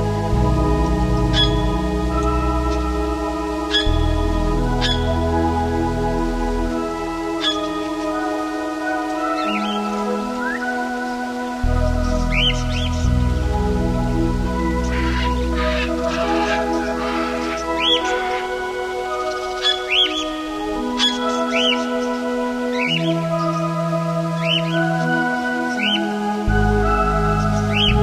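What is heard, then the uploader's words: Sounds of the Amazon rainforest: a dense, unbroken bed of steady tones and low hums layered at many pitches throughout. Sharp bird chirps and rising whistles cut through every few seconds, clustering around the middle and final third. Sounds of the Amazon rainforest.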